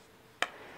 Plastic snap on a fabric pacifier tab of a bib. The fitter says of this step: this swings on the back the front so you just snap it off here put